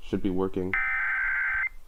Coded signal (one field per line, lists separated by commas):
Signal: Emergency Alert System (SAME) tones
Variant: header bursts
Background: speech